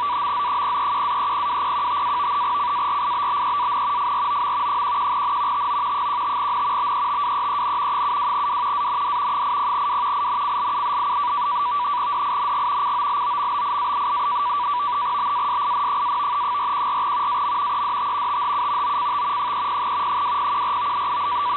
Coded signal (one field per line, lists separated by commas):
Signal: NAVTEX (SITOR-B)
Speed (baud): 100 baud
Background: radio noise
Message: AMZ031-302015- CARIBBEAN FROM 11N TO 15N BETWEEN 72W AND 80W INCLU DING COLOMBIA BASIN- 414 AM EDT THU OCT 30 2014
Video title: 8472 KHZ USb WLO Marine Weather BX